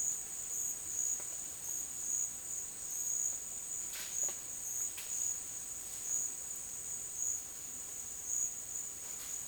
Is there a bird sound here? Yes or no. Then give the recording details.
no. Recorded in dense forest near Puerto Asís, Putumayo, Colombia, on 25 June 2025 at 12:00. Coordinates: 0.484, -76.325. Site H65